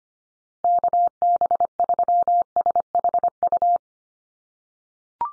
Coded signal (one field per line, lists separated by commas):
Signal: Morse code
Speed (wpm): 25 wpm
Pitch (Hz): 700 Hz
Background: none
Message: KB3SHU